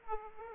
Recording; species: mosquito wingbeat signal from an infrared sensor; Aedes aegypti